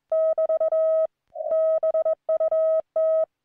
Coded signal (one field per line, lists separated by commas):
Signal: Morse code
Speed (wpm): 21 wpm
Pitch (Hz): 1280 Hz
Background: none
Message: <BT> BUT